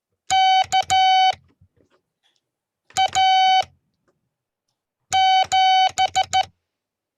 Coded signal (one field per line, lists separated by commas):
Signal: Morse code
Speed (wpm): 14 wpm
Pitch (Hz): 760 Hz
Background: none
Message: K A 7